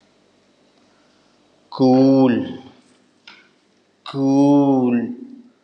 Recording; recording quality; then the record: sustained vowel as in boot; excellent, no background noise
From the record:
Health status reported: healthy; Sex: male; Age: 27 years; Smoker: yes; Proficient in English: yes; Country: India